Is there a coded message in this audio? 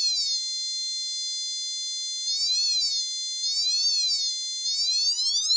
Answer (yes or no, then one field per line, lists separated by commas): no